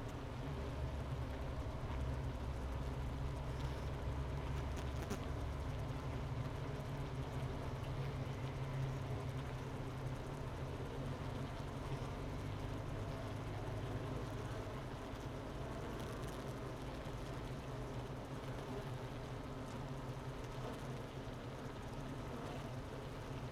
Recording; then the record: honeybee colony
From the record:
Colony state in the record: missing queen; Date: 31 May 2018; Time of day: 10:55